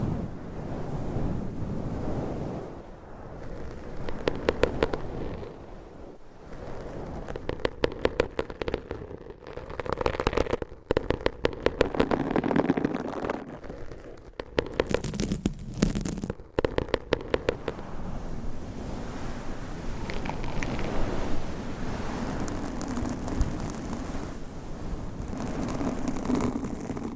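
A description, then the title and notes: Fingernails scratch across microphones and their covers in a continuous stream of rough, rustling friction. Bursts of rapid, crackly scraping come in flurries, densest around the middle, with brief hard knocks near ten and sixteen seconds and a low rumbling undertone throughout. ASMR Mic Scratching Brain Scratching with 20 DIFFERENT MICS Covers & Nails No Talking.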